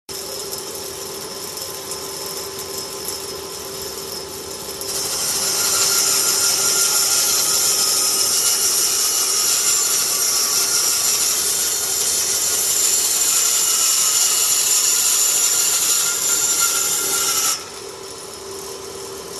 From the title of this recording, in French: Délignage au guide parallèle